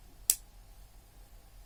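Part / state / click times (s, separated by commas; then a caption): knife blade into its lock in the handle / seated / 0.3 s. The blade of a Sanrenmu 9055 folding knife with a slip-joint/double-bearing lock is opened and snaps into its locked position in the handle with a single sharp, bright click at 0.3 s. The click is followed by quiet background. The blade is locked open with a very good, smooth locking sound.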